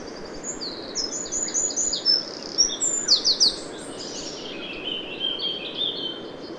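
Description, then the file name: Eurasian wren song: a fast, high-pitched tumble of trills and sharp notes, fluctuating in loudness, over a constant low hiss of background noise. "Troglodytes troglodytes"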